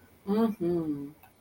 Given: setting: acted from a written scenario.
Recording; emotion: vocal sound without words; realization